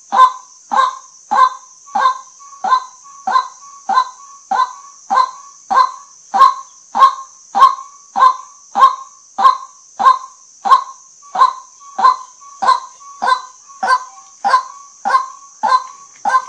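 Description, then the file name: White-breasted waterhen giving a monotonous series of hollow croaking notes, about one and a half per second, steady throughout, over a constant high-pitched whine. Call used as a lure for hunting at night. "เสียงนกกวักเน้นยิงกลางคืน"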